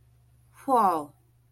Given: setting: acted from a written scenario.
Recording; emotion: vocal sound without words; awe